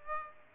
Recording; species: mosquito wingbeat signal from an infrared sensor; Aedes aegypti